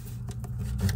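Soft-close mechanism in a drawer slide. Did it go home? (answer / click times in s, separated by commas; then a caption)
no / none. A hand grips the small gray plastic catch at the back of a soft-close drawer slide on a melamine closet system, where the little springs have popped out of place, and pulls on the spring-loaded mechanism. Low handling noise and soft scraping rise into a cluster of short hits near the end. Nothing has seated or clicked yet.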